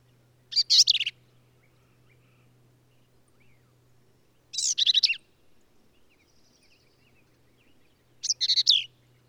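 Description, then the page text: Black-capped vireo giving three separate harsh, twittering phrases about four seconds apart, with a low steady hum beneath. Male, one individual, singing at Kerr Wildlife Management Area, Hunt, Texas hill country; endangered species; sings a phrase alone, then truncates it, embellishes it, or runs several phrases together. "Birdsong for the Curious Naturalist. Black-capped vireo"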